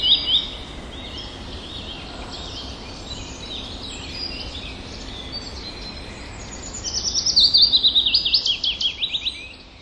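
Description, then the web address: Willow warbler song, one clear phrase of sweet notes falling in pitch near the end, after faint background birdsong. Recorded on 29 April 2011. "wroblowe kontra piecuszek 29 04 2011"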